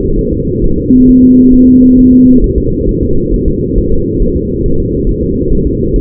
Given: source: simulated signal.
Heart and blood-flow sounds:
fetal heart sounds
0.19 s: S1
0.33 s: S2
0.64 s: S1
0.78 s: S2
1.09 s: S1
1.23 s: S2
1.54 s: S1
1.68 s: S2
1.99 s: S1
2.13 s: S2
2.44 s: S1
2.58 s: S2
2.89 s: S1
3.03 s: S2
3.34 s: S1
3.48 s: S2
3.78 s: S1
3.92 s: S2
4.22 s: S1
4.36 s: S2
4.66 s: S1
4.80 s: S2
5.09 s: S1
5.23 s: S2
5.53 s: S1
5.67 s: S2
5.96 s: S1
From the record:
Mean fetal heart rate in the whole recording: 135 bpm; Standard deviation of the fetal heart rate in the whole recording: 3 bpm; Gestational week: 36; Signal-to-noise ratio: -16.4 dB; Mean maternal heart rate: 72 bpm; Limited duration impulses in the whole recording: present

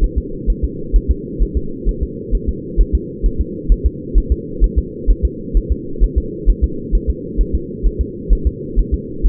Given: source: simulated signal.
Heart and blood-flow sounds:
fetal heart sounds
0.04 s: S1
0.18 s: S2
0.50 s: S1
0.65 s: S2
0.96 s: S1
1.11 s: S2
1.42 s: S1
1.57 s: S2
1.89 s: S1
2.03 s: S2
2.35 s: S1
2.49 s: S2
2.81 s: S1
2.95 s: S2
3.26 s: S1
3.41 s: S2
3.72 s: S1
3.86 s: S2
4.18 s: S1
4.32 s: S2
4.64 s: S1
4.78 s: S2
5.11 s: S1
5.25 s: S2
5.57 s: S1
5.72 s: S2
6.04 s: S1
6.18 s: S2
6.50 s: S1
6.64 s: S2
6.95 s: S1
7.10 s: S2
7.41 s: S1
7.55 s: S2
7.86 s: S1
8.01 s: S2
8.33 s: S1
8.47 s: S2
8.79 s: S1
8.94 s: S2
9.26 s: S1
From the record:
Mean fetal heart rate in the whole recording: 130 bpm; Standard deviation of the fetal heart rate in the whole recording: 2 bpm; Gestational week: 36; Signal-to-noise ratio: -4.3 dB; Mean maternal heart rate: 72 bpm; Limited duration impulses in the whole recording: absent

